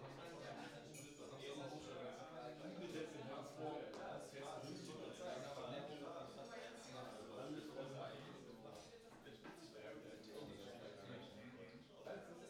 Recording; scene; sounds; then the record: everyday scene through a hearing-aid microphone; many people talking; many voices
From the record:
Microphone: in the ear canal, right